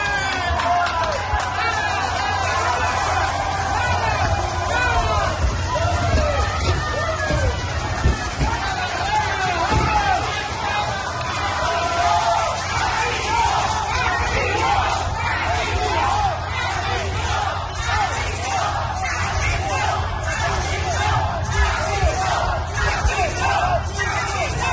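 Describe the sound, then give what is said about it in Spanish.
A crowd of indigenous protesters from the municipality of Ahome shouts insistently and without pause against the installation of Mexinol, spoiling the event for the company and Governor Rocha Moya: a dense, loud wall of overlapping yells and chanting voices that stays steady for the whole stretch. “Aquí no gritan insistentemente los manifestantes, que terminan pues aguadeándole la fiesta a esta empresa y al mismo gobernador Rocha Moya el día de ayer.”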